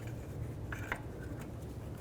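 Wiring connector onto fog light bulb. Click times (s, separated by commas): 0.7 s, 0.9 s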